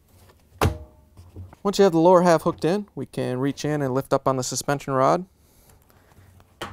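A washer suspension rod, part of a Whirlpool/KitchenAid/Maytag suspension rod kit W10189077, is lowered through its slot and lifted up until the small plastic tabs at its lower end lock into place. A sharp click at 0.6 s marks the tabs seating, followed by someone talking and a fainter knock near the end. The lower end of the rod is now hooked and locked in.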